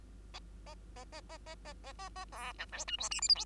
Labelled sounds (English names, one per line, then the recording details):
Bengalese Finch song
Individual Bird2